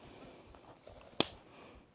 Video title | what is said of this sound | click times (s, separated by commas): Observatory Video Manual Pt 1 | nice and audible snap that you hear. | 1.2 s